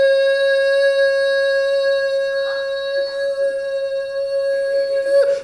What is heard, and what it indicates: After a certain amount of solitary confinement, people will start to lose their vision and hearing and get tinnitus, where they have a ringing in the ears.